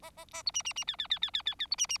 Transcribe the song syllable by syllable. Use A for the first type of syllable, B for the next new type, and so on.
A A A B C C C D D D D D D D B C C